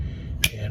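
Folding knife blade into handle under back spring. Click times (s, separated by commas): 0.4 s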